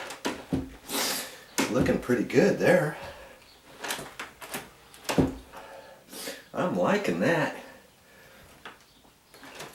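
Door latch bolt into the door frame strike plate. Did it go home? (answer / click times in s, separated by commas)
no / none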